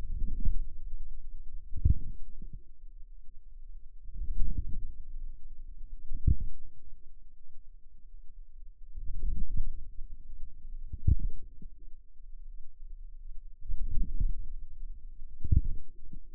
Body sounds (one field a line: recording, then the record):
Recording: forearm muscle sounds (acoustic myography)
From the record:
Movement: outward rotation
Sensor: system 2, bracelet of six BSWA MPA416 microphones around the upper forearm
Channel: 6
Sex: female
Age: 23 years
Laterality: right